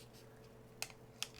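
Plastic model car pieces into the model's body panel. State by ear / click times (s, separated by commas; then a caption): not seated / none. Plastic pieces of a scale model car are aligned and pressed into mounting holes in the model's body panel. Two brief sharp clicks are heard at about 0.8 and 1.2 seconds over a low steady background hum. Nothing has seated or snapped into place yet.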